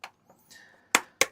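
A plastic back cover is pressed onto an electronic device's housing after a repair, with a light tap at the start and faint handling noise. Two sharp, loud snaps follow at 1.0 and 1.2 seconds as the cover seats into place.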